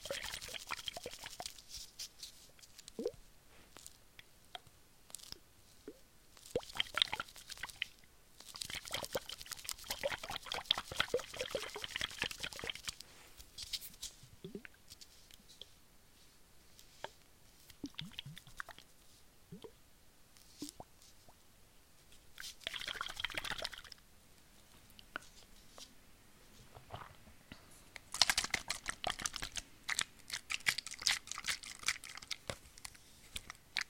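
Quiet water sounds: scattered drips, small plops and crisp clicks land irregularly throughout. Soft, airy whispering comes in breathy bursts, strongest around seven to eleven seconds and again near the end, over an otherwise hushed, still background.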